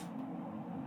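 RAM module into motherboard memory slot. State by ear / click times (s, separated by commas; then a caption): not seated / none. A second RAM module is handled over its motherboard memory slot, about to be pressed down until the latches on both sides snap closed. Only a steady low hum with no sharp transients is heard across the 0.9 seconds. Nothing has seated or clicked yet.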